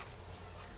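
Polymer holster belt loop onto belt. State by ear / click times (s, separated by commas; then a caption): not seated / none. The polymer belt loop of a custom inside-the-waistband holster for a Taurus Judge, with a thumb break, is handled over and behind a belt. Only a steady low hum and faint handling noise are heard for 0.8 seconds. Nothing has seated or clicked yet.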